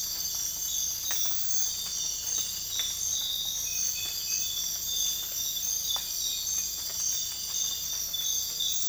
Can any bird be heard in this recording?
no